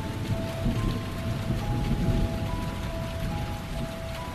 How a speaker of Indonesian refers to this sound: Hari itu hujan turun cukup deras, membuatku tertahan di sekolah ketika jam pulang.